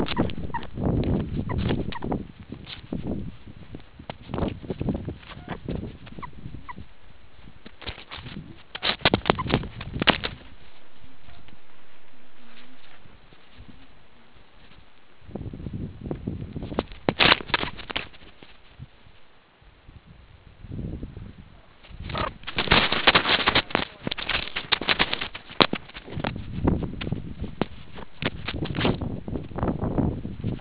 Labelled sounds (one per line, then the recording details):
meerkat short note
meerkat close call
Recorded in the Kuruman River Reserve, South Africa
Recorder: an audio tag on a meerkat's collar